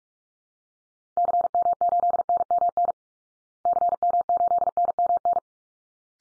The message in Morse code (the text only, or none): CM8NMN CM8NMN